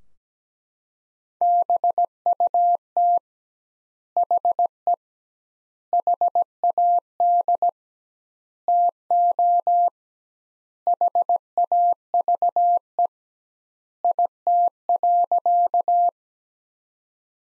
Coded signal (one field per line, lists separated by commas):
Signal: Morse code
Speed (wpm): 17 wpm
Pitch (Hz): 700 Hz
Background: none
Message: BUT HE HAD TO HAVE IT.